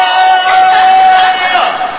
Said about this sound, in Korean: 자, 방금 지르셨던 함성 소리를 그대로 다시 한번 자, 시작.